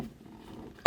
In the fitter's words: a little click sound like that and it should hold firm once you've done that